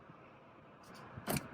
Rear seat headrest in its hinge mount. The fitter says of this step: to click it into place and then you can release the seat